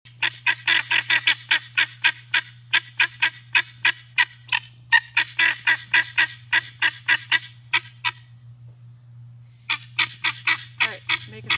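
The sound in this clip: Helmeted guineafowl calling, a rapid series of harsh grating notes repeated about four per second, a short pause, then resuming, over a steady low hum.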